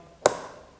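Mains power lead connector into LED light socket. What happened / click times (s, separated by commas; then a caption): The power lead connector clipped into its socket / 0.3 s. A kettle-type mains power lead connector with guide clips is pushed into the power socket of an LED light. A single sharp, bright click sounds at 0.3 s, followed by a brief fading ring. The connector clips into place easily and is seated.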